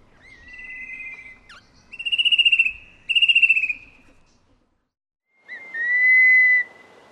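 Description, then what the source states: Fan-tailed berrypecker calling: a thin whistle, then two loud buzzy trilled notes in quick succession, a pause, and a clear slightly rising whistle over soft hiss. Papua New Guinea.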